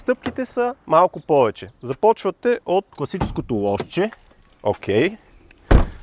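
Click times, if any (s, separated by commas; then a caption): 5.7 s. Someone talks, then pulls the interior hood release lever on a 760-horsepower Mustang Shelby GT500. The primary hood latch lets go with a single thunk at 5.7 s, and the hood pops up onto its safety catch, released.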